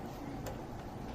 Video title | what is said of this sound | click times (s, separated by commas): Equipo No.1(Osc A/D) METODOS DE UTILIZACIÓN Rubén Antonio,Edwin Adiel ,Héctor Jerónimo | ya saben es hasta que haga clic | 0.5 s